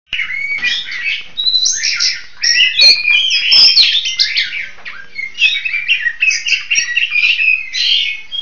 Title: Kicau Burung Pentet